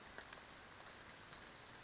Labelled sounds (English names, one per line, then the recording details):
Western Flycatcher
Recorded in Sonoma County, California